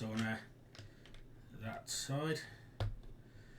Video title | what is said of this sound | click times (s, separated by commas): Building Lego Obi-Wan Kenobi Jedi Starfighter Part 2 | and that, that's locked in, so | 2.8 s